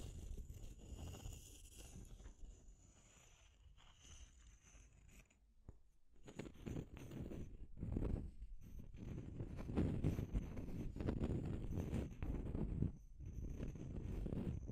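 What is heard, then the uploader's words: Deep scratching sounds, low and rough, rasp in dense irregular strokes. A quieter, thinner stretch runs for the first few seconds, with a brief near-silent pause around six seconds, then the scratching grows fuller and louder, with short gaps near eight and thirteen seconds. Deep Scratching. (No Talking).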